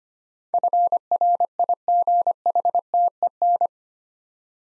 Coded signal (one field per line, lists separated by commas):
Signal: Morse code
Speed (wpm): 25 wpm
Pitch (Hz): 700 Hz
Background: none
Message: FRIGHTEN